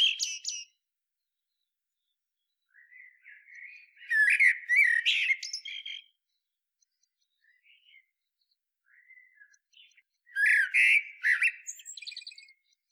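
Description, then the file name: Common blackbird song: several phrases separated by pauses, each with quiet fluty warbling building to a louder burst of squeaky, chattering high notes. "Turdus merula"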